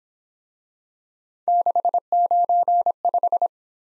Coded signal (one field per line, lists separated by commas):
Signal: Morse code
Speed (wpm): 26 wpm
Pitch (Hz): 700 Hz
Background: none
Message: 695